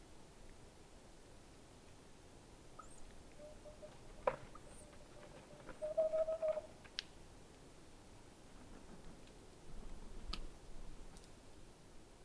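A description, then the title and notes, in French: A male bird sings a brief low whistled phrase midway through, amid sparse sharp ticks and clicks over a quiet, hushed background. Haut-diois - Nagra LB - stéréo omni mkh20. Depuis quelques jours la Tengmalm boréale (Aegolius funereus) a élue domicile dans le trou d'une grande chandelle au milieu de la forêt (photo). Régulièrement le mâle vient chanter aux alentours.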